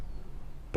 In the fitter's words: as you push it round, it drops down and hops into place like so.